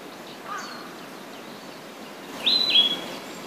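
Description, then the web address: Narcissus flycatcher giving one brief high whistled phrase near the end, after a faint earlier note, with steady background hiss. "izumino saunndo kibitaki"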